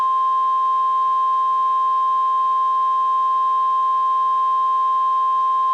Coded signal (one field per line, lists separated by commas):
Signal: Emergency Alert System (SAME) tones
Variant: 1050 Hz attention tone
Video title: EAS Scenario: Terrible Tuesday